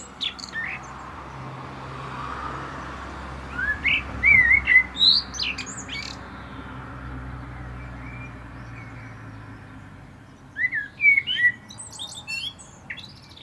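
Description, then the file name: Common blackbird delivering two brief whistled phrases ending in thin, scratchy twitters, spaced several seconds apart over a constant rushing background noise. "Turdus merula"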